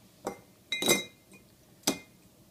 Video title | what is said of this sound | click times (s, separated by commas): Review of Monocle Tea Infuser Glass Tumbler | put it down in there till it clicks okay so | 1.9 s